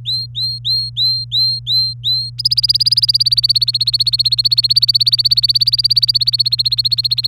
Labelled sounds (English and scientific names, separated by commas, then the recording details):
Domestic Canary (Serinus canaria) song
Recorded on 24 April 2018 at 18:11
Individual llb3